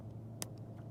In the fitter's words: You could hear it pop.